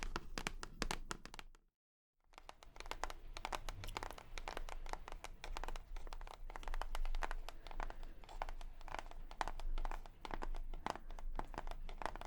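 Rapid, irregular tapping forms a dense stream of crisp clicks, briefly cut to silence near two seconds, with faint crinkling underneath.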